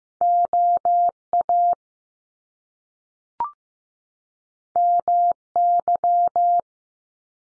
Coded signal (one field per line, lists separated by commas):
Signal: Morse code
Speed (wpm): 15 wpm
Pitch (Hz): 700 Hz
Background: none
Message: O A M Y